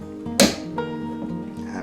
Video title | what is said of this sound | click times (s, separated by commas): sink installation step by step | But this one, you push it on until the snap ring pops into place. | 0.4 s